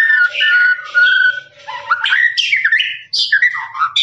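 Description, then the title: Lovebird song mixing a sustained whistled note with harsh chatters and squeaky upward notes. Long trilling "ngekek" song of a lovebird, used as a master recording for training birds. "MASTERAN LOVEBIRD NGEKEK PANJANG"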